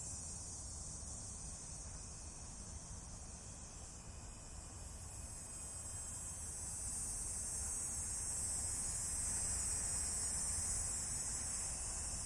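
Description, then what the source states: Cicadas buzzing in an unbroken high drone that grows louder around midway, with low background rumble underneath. Cicadas recorded in Michigan.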